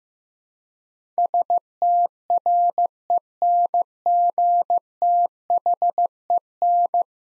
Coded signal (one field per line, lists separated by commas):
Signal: Morse code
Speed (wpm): 15 wpm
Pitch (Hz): 700 Hz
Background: none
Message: STRENGTHEN